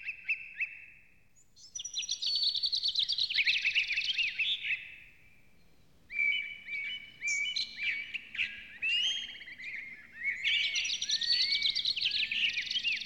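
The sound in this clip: Bird song that opens with clear whistled notes, then long warbled phrases of trills and chirps separated by two quiet pauses.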